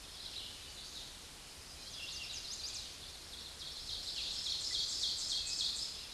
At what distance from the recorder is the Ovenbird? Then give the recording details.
about 30 m. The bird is about 10 m above the microphone. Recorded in a Pennsylvania forest on 16 May 2024 at 07:18. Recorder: AudioMoth, point MSD-1539. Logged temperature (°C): 16.0 °C. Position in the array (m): 147 m, 5 m